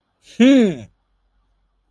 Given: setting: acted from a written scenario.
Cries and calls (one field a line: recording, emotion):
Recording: vocal sound without words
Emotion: triumph